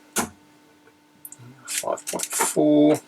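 A Wiha VDE T-handle torque screwdriver set to 5 Nm is turned on a torque tester until its clutch clicks over, with a sharp click at 1.3 s. Someone then talks, and the reading confirms the screwdriver clicks at its setting.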